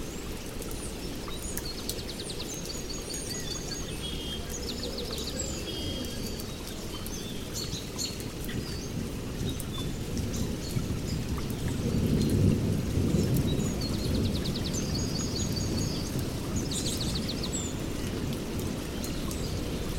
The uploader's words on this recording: Nature Sounds In A Peaceful Forest Hut On A Rainy Day | Rain Sounds, Storm, Birds Singing, Jungle, Forest Soundscapes, Water Sounds.